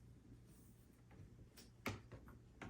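A metal yarn rod is pushed into its plastic socket on a knitting machine, and it snaps into place with a sharp click at 1.9 seconds. Fainter ticks follow, and another click is heard near the end. The rod is seated in the socket, which has the same shape.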